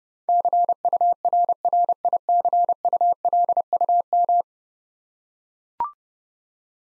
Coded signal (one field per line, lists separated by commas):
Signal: Morse code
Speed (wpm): 32 wpm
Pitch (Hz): 700 Hz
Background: none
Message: CURRICULUM